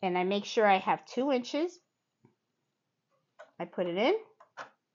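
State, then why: Not seated. Someone talks while placing a bobbin case into the rotary hook of a Brother embroidery machine. Brief handling ticks follow around 3.4 and 4.4 seconds between further talk. The bobbin case has not snapped home yet, and nothing has seated or clicked.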